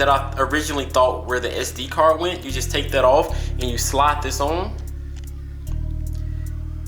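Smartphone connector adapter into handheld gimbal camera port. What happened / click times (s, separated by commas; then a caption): The adapter is being handled and slid on but has not yet seated / none. A plastic Android phone adapter for a DJI Pocket 2 handheld gimbal camera is handled as someone talks over background guitar music: the front cover piece is taken off and the adapter is slid toward the camera's connector port. A few faint, sharp taps come near 5.2, 5.7 and 6.1 seconds, but nothing has seated or clicked yet.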